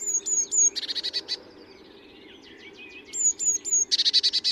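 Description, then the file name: Eurasian blue tit: quick high thin notes leading into a harsh buzzy churr, twice in a few seconds, with background hiss. "Cyanistes caeruleus"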